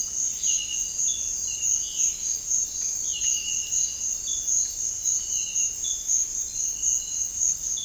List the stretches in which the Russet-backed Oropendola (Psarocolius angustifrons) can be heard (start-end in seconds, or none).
none